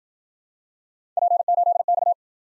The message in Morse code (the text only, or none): P8X